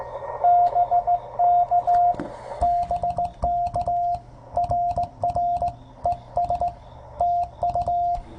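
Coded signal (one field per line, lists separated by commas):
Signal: Morse code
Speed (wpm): 16 wpm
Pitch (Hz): 700 Hz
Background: radio noise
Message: BK BK RR ES TU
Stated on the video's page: CW Parks on the Air activation with many QSOs, usable for call sign copy practice.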